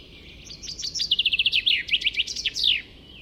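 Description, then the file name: Common chaffinch song, a single complete phrase: a series of bright notes dropping in pitch into a trill, finished with an emphatic downward flourish. "Fringilla coelebs"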